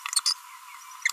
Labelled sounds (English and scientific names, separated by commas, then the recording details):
Green-rumped Parrotlet (Forpus passerinus) babbling
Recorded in a nest box in Venezuela
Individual 18B25A3